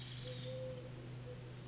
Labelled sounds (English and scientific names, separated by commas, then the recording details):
Eurasian Collared Dove (Streptopelia decaocto)
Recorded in Sonoma County, California